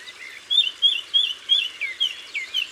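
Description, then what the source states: Eurasian blackcap song: a series of loud, clear fluty notes, repeated steadily about every third of a second, with faint chirps behind. Recorded in Isère, France.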